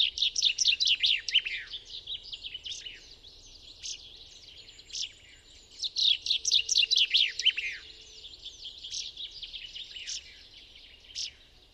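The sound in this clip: Common chaffinch song: two bright, accelerating trilled phrases that tumble downward and end in a flourish, separated by a few seconds of softer chirps.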